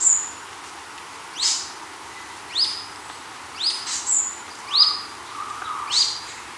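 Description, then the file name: Bird calls: sharp, very high notes and thin whistles at uneven intervals, about once a second, with a few lower notes near the end. "SABIOD 50 bird 2015"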